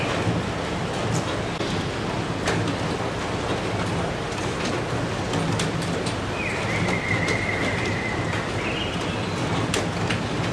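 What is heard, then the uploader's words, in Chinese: Late-night rain falls as a dense, steady hiss with a low rumble underneath and scattered sharp ticks of drops throughout. Around six seconds in, a thin whistling bird call rises and holds for about two seconds before fading back into the rain. 一些深夜雨声鸟叫声。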